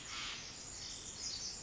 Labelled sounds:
Pacific Wren (Troglodytes pacificus)
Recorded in Sonoma County, California

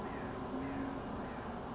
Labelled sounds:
California Towhee (Melozone crissalis)
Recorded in Sonoma County, California

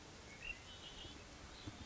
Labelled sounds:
Red-winged Blackbird (Agelaius phoeniceus)
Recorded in Sonoma County, California

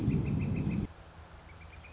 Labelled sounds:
Northern Flicker (Colaptes auratus)
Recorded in Sonoma County, California

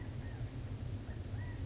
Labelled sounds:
California Quail (Callipepla californica)
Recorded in Sonoma County, California

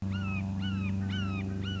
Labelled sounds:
Red-shouldered Hawk (Buteo lineatus)
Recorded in Sonoma County, California

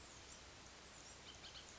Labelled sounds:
Bullock's Oriole (Icterus bullockii)
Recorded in Sonoma County, California

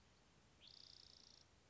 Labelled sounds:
Spotted Towhee (Pipilo maculatus)
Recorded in Sonoma County, California

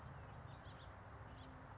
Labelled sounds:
House Finch (Haemorhous mexicanus)
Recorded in Sonoma County, California

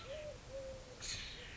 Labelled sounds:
Eurasian Collared Dove (Streptopelia decaocto)
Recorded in Sonoma County, California

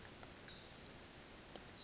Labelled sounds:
Pacific Wren (Troglodytes pacificus)
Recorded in Sonoma County, California

